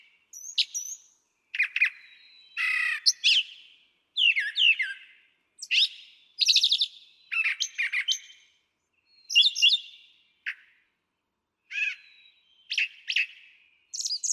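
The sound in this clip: Brown Thrasher pouring out varied song phrases, buzzy, sharp and whistled, separated by short pauses.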